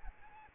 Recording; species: mosquito wingbeat signal from an infrared sensor; Aedes albopictus